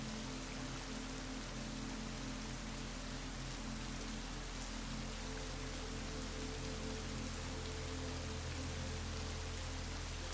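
Steady, dense rain hisses evenly across the whole clip, over a low sustained hum and soft held tones that shift slightly midway.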